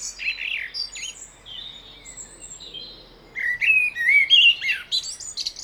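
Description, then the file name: Common blackbird softly warbling at first, then a louder phrase of rich fluted whistles ending in shrill high twitters. "Turdus merula"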